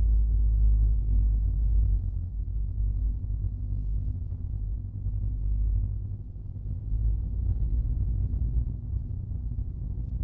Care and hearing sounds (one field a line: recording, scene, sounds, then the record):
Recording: everyday scene through a hearing-aid microphone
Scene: in a vehicle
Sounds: engine, rumble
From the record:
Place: Skoda Fabia, gasoline engine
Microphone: in the ear canal, right